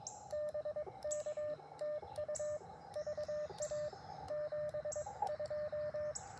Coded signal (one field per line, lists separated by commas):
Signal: Morse code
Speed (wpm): 23 wpm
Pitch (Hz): 590 Hz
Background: radio noise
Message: BK TU VA 72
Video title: Morning Morse Code - 05/07/2024